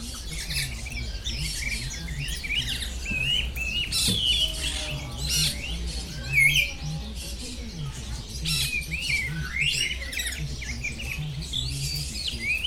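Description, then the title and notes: Bird chorus of rapid chirps, squeaky whistles and sharp squawks, overlapping without pause above a low droning hum. Birds singing at the Bird Garden, Mongkok, Hong Kong, 15 February 2008; recorded with AKG condenser microphones in XY stereo. "香港 旺角 雀鳥花園 雀鳥唱歌 (內附有人類語言中的粗囗) Bird Singing in the Bird Garden, Mongkok, Hong Kong Date: 15 February 2008"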